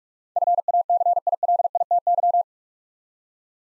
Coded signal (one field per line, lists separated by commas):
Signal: Morse code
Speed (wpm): 41 wpm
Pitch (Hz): 700 Hz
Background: none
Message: FACILITY